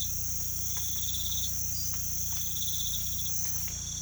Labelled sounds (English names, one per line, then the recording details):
none
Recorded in pastures near Puerto Asís, Putumayo, Colombia, on 18 December 2024 at 02:00
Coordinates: 0.472, -76.331
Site GP02